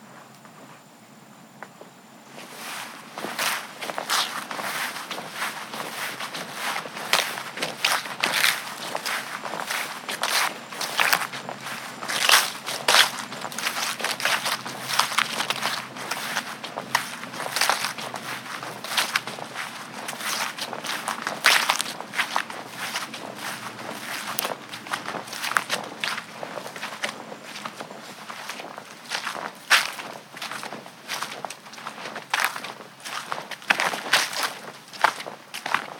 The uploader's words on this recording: West Michigan Woods and Stream. An early evening walk through the lively woods and along the bubbling stream as animals move all around.